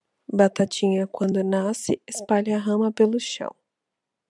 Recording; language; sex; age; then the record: short text; Brazilian Portuguese; female; 20 to 29 years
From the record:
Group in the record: control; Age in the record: 26 years